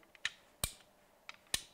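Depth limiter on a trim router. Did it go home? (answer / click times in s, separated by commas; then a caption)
yes / 0.2 s, 0.6 s, 1.5 s. The depth limiter on a trim router is moved, giving loud, sharp ratchet-like clicks at 0.3, 0.6 and 1.5 s, with softer ticks in between. The stop engages immediately, clicking into its detent and seating.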